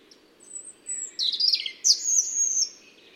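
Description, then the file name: European robin delivering a short song of thin high whistles and tumbling warbles, rising and falling in pitch, with little other sound. "Erithacus rubecula"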